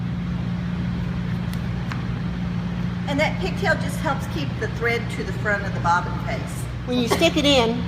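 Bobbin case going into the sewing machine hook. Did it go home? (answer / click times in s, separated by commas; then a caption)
no / none. A metal bobbin case, with its thread wrapped around the pigtail, is handled before being pushed into the hook of a long-arm quilting machine. A steady low hum runs throughout, with two brief ticks near 1.5 s and 1.9 s, and someone talks from about 3 s on. The case has not seated or clicked into the hook yet.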